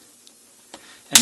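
Needle-nose pliers are slipped over the edge of a round metal push nut holding the speaker cone to a grill post on a NuTone IS419 metal grill patio station, then twisted and squeezed. Faint ticks at 0.3 s and 0.7 s come before a sharp, loud crack at 1.2 s as the nut bites and cracks open on the post, releasing it.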